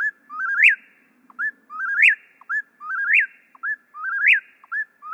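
Eastern whip-poor-will giving its emphatic whistled song, each phrase rising to a sharp high note, repeated steadily about once a second.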